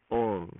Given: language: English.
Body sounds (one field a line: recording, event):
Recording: throat vibration sensor signal played as sound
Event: speech